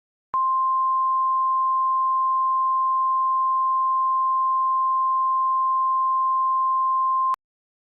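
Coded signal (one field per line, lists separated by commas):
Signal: Emergency Alert System (SAME) tones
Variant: 1050 Hz attention tone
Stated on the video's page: Fictional EAS scenario.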